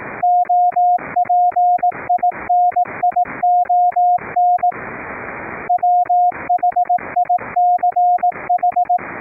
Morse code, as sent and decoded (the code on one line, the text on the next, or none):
--- .--. .. -. .. --- -. / .-- .... .. -.-. ....
OPINION WHICH